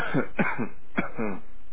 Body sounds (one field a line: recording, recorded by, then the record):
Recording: voluntary cough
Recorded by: telephone call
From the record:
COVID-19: positive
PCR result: self-reported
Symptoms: no